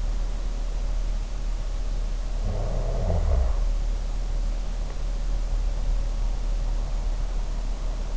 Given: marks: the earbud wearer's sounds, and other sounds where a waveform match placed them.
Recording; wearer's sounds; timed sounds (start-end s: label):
sounds in sleep by an in-ear microphone; snoring breath
2.18-3.78 s: snoring breath